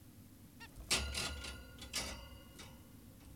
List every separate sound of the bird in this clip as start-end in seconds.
0.61-0.67